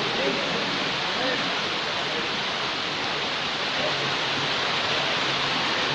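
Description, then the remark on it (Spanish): Steady, dense hiss of heavy rain pouring down without pause, loud and even throughout, with faint murmuring voices buried underneath at an outdoor religious congress in Motocicla, Chiapas. “Los que tengan niños que andan por ahí, acérquense, está lloviendo aquí en Motocicla, donde está llevando a cabo este congreso.”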